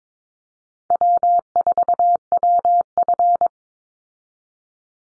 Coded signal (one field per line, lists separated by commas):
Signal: Morse code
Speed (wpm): 22 wpm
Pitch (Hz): 700 Hz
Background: none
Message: W4WF